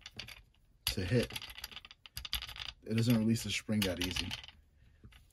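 Someone talks while handling the spring follower of a less-lethal launcher magazine, sliding it down and twisting it toward its held-down locked position, with short plastic clicks and rattles between the words. The follower has not locked into place yet; nothing has seated or clicked home by the end of the clip.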